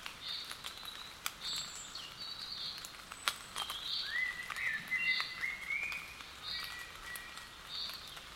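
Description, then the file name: Common blackbird with soft, fluty phrases that slide upward and break into brief twitters, heard against continuous patter and hiss resembling rain. "Turdus merula"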